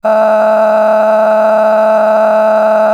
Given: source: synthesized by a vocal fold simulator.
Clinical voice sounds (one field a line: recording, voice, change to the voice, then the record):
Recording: sustained vowel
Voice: female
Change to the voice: a random mix of aspiration noise, stiffness perturbation and strain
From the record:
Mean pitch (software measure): 216 Hz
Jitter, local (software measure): 2.05%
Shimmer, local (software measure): 11.5%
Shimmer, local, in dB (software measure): 1.02 dB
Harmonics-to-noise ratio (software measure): 13.8 dB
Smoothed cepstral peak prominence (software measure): 13.3 dB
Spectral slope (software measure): -22.4 dB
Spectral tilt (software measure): -10.9 dB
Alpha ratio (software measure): -12.8 dB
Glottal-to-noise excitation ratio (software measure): 0.929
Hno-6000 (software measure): 2.2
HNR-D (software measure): 31.4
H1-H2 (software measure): 1.4 dB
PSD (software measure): 8.8e-05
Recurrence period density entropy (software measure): 0.111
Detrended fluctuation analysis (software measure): 0.0174